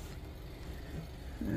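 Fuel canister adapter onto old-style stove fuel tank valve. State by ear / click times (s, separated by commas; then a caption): not seated / none. A fuel canister adapter is handled and slid onto the needle valve of an old-style stove fuel tank, over a steady low rumble that grows slightly louder toward the end. Nothing has seated or clicked yet.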